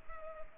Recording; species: mosquito wingbeat signal from an infrared sensor; Culex pipiens